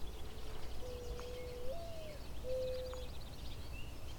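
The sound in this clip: Mourning dove song: soft, low hooting coos, a drawn-out note sliding up then down, followed by another steady coo, over a constant low rumble of background noise.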